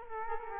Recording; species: mosquito wingbeat signal from an infrared sensor; Culex quinquefasciatus